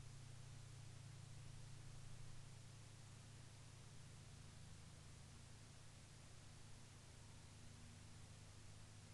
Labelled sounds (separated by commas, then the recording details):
near silence
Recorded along the Dempster Highway, Canada, on 10 May 2019 at 03:20
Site 20